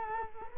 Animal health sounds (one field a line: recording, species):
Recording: mosquito wingbeat signal from an infrared sensor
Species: Culex quinquefasciatus